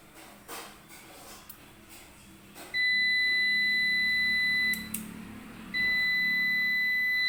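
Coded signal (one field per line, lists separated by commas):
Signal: beep code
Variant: UPS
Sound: two long steady high-pitched beeps, about two seconds each, from a UPS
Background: small room hum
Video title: Ups long beep sound problem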